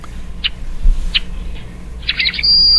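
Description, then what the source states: Rusty Blackbird giving squeaky, creaky call notes, two isolated chirps followed by a quick cluster of scratchy notes ending in a thin, high, steady whistle. Medium-sized bird of wooded swamps.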